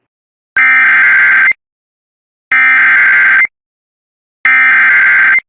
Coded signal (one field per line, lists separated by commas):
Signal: Emergency Alert System (SAME) tones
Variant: header bursts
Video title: Forgotten SVR for Union NC EAS #1075